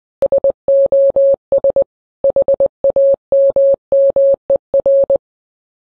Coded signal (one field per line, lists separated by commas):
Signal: Morse code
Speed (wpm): 20 wpm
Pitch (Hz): 550 Hz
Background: none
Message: SOS HAMMER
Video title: SOS Hammer - Glorp Corp Alternative Max